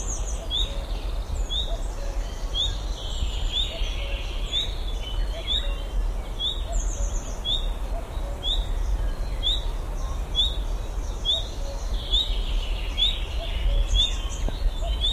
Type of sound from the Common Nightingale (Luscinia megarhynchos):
alarm call